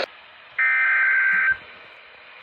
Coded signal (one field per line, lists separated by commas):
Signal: Emergency Alert System (SAME) tones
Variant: header bursts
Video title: EAS Alerts From 6/9/25: A Compilation (EAS 734-742)